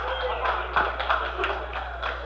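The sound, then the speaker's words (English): A crowd in the mission operations control room breaks into cheering and applause as they watch the Apollo 9 recovery on a screen, a dense, steady wash of claps and voices with scattered sharper claps standing out over the noise. “Big chair went up here in the mission operations control room as they saw it on the tube.”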